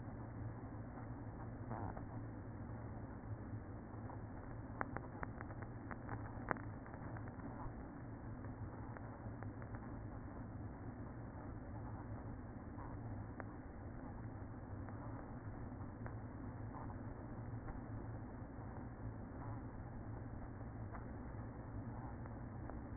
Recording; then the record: honeybee colony, microphone inside the hive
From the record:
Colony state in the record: queen present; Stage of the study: after two queens were removed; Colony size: about 60,000 bees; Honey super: yes